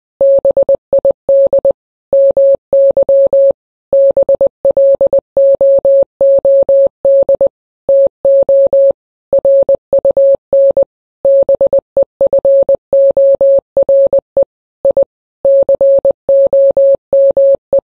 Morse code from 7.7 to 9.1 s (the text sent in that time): TO